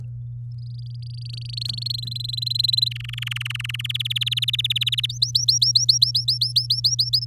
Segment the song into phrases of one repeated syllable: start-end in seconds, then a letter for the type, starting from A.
0.52-1.92 A, 1.94-2.88 B, 2.91-3.92 C, 3.94-5.06 D, 5.09-7.25 E